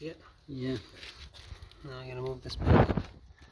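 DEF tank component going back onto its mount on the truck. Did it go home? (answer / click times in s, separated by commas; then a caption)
no / none. A DEF tank component is being handled and moved back toward its mount on a 2012 Chevy Duramax truck during a DEF tank removal and repair for overheating and melting. Someone talks while rustling and handling sounds build to a louder scrape near 2.7 s. Nothing has seated or clicked into place yet.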